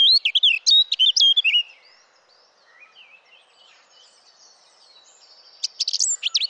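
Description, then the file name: Eurasian blackcap: a short, loud burst of fluty warbling, several quiet seconds with faint bird notes, then another bright warbled phrase. "Sylvia atricapilla"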